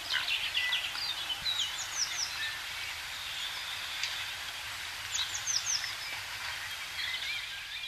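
Mandarin duck calls: short high whistled notes, falling in pitch, given in small groups a few seconds apart, over a steady background hiss.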